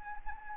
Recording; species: mosquito wingbeat signal from an infrared sensor; Anopheles arabiensis